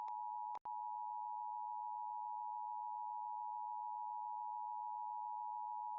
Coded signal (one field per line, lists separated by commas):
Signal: Emergency Alert System (SAME) tones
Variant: 853 and 960 Hz attention tone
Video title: LIVE AM/MW DX: DX Central Live - S. 4, Ep. 15 | Friday, April 19, 2024